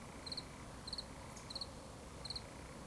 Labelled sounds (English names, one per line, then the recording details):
Eurasian Woodcock whistle
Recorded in Baden-Württemberg, Germany, on 11 June 2020 at 20:34 UTC
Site 24578, 122 m above sea level